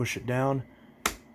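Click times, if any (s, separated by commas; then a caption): 1.1 s. Someone talks as the plastic end cap of the brush roll on a Dreametech T30 vacuum floor head, lined up with the unlock icon, is pushed down. A sharp click sounds at 1.1 s as the cap seats, before it is twisted to lock.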